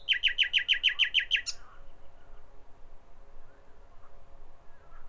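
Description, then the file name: Common nightingale song: about eight quick, evenly spaced chirping notes, then a brief high flourish, after which the song stops. "Nachtigall"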